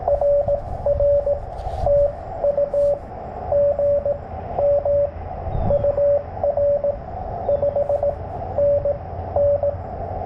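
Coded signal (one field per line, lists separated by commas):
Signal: Morse code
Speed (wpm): 21 wpm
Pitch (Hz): 590 Hz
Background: radio noise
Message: RR TU GM UR 5NN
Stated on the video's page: CW Parks On The Air activation with a Yaesu FT-891 100 W field rig in poor band conditions.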